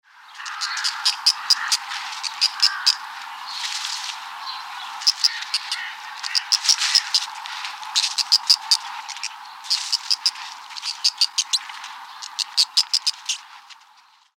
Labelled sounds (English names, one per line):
Tufted Deer